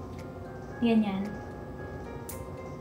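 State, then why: Seated. A printed mini calendar is locked into its stand. Someone talks briefly, then a short, sharp snap is heard at 2.3 s as the calendar seats in the holder.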